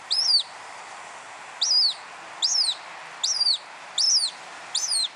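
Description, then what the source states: Hen harrier calling, six sharp arched squeals with a downward twist, given at uneven gaps over several seconds against a soft hiss. Recorded by Sean Renane of Irish Wildlife Sounds with an autonomous recorder left in a bush in the breeding area for about six weeks.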